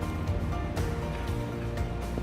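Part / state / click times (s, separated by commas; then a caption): folding rear seatback into its latch on the car body / not seated / none. A folded rear seat backrest on a MINI Clubman is lifted back up toward its upright latch on the car body, with background music playing throughout. There is a brief bump of handling sound at about 0.8 s. The backrest has not seated or clicked into its lock yet.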